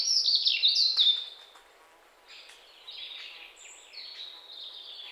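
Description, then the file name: European robin song, a high, tumbling phrase of thin whistles and trills, then quieter scattered high notes after a short pause. "Erithacus rubecula"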